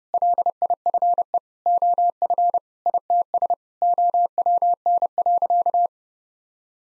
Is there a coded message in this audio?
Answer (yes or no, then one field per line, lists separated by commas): yes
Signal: Morse code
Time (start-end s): 0.1-5.9 s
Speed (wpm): 32 wpm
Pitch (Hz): 700 Hz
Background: none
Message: LIFE OF ITS OWN.